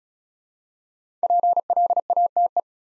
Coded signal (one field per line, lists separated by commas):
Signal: Morse code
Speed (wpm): 36 wpm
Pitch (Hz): 700 Hz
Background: none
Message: PLATE